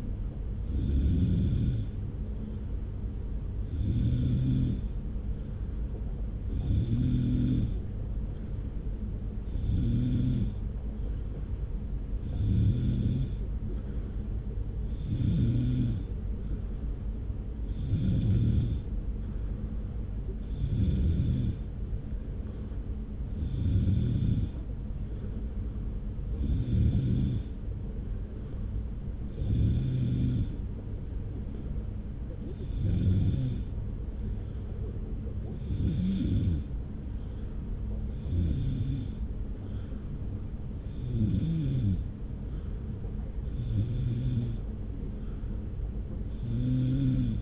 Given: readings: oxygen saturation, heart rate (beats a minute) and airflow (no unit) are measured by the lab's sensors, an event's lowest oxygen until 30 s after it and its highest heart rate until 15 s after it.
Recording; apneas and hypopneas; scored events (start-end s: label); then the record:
breathing in sleep by a smartphone at the bedside; none
4.00-47.42 s: new sleep stage, N3 (deep sleep)
From the record:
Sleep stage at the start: N2 (light sleep); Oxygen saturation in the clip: 93 to 94%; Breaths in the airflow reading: 16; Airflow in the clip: -0.9 to 0.9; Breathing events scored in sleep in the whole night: 335 in 6.7 hours asleep